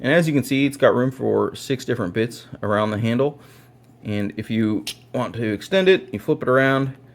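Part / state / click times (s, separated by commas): bit extender into end of printed screwdriver handle / not seated / none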